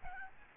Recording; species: mosquito wingbeat signal from an infrared sensor; Aedes albopictus